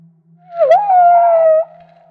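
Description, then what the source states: Humpback whale song unit: one sustained mid-pitched tonal cry with a brief rough onset, held for about a second over a faint low hum. Maui.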